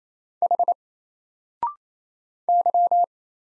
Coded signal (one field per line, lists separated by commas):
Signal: Morse code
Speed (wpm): 27 wpm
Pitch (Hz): 700 Hz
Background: none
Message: H Y